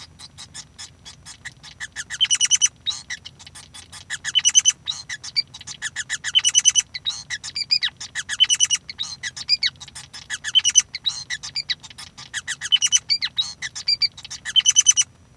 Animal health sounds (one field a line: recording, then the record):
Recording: song of a male Bengalese finch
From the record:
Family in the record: son of father 5